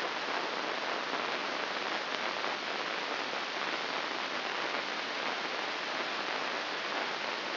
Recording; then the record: brain microelectrode recording played as sound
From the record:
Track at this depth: inside the subthalamic nucleus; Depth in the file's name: 5.601 mm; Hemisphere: right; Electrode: 2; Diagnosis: Parkinson's disease